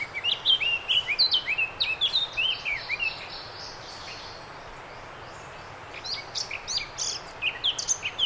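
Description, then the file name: Eurasian blackcap song: a fast, varied warble of chattering and fluty notes, one phrase of about three seconds, a pause, then another burst. "Sylvia atricapilla"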